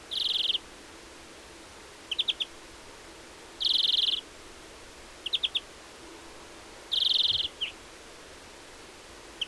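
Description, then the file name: European greenfinch calling repeatedly: harsh buzzy wheezes alternating with quick runs of twittering chips. "Chloris chloris"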